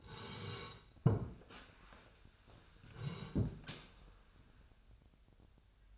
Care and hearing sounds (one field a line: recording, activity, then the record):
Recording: daily activity, microphone in the room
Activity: sit down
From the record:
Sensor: 2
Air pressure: 1015.1 hPa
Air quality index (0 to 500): 156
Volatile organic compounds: 7 ppm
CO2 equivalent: 2028 ppm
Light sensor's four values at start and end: 13/35/13/15 and 13/35/13/15